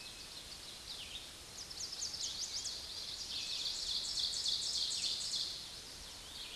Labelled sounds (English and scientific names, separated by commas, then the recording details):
Ovenbird (Seiurus aurocapilla) song
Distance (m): 40 m
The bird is about 10 m above the microphone
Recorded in a Pennsylvania forest on 16 May 2024 at 06:27
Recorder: AudioMoth, point MSD-1539
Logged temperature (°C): 16.0 °C
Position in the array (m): 135 m, 5 m